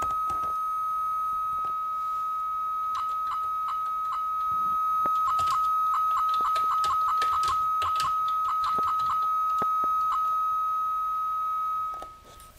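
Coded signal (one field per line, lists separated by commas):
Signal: 300-baud modem data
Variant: Novation CAT acoustic coupler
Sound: one steady high-pitched tone held for about twelve seconds, with frequent clicks and knocks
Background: clicking and handling noise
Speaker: And of course the flip side of that is on our transmit end.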